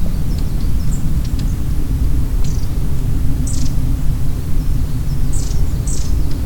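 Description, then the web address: Long-tailed tit calls: a few sparse, very high thin notes, with a pair near the end, against a heavy low rumble. Recorded 17 March 2014 at Hiraguri; described as song (saezuri). "saezuri enaga 20140317 hiraguri"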